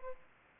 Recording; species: mosquito wingbeat signal from an infrared sensor; Aedes aegypti